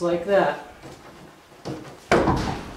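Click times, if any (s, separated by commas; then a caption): 2.1 s. A white plastic retaining clip on the hood stinger vent of a C7 Corvette is pressed up into the hood from underneath while someone talks. A sharp click at 2.1 s marks the clip snapping into place in the hood panel. The vent clip is seated.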